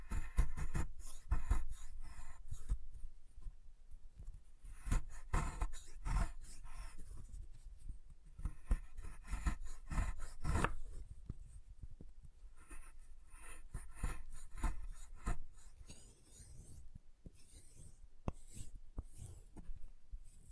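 Chalk being carved and cut, heard as a busy run of short scraping strokes and scratchy rasps. The strokes come in irregular bursts, some sharp and bright, with brief pauses between clusters and a few softer, quieter stretches around the middle and later on.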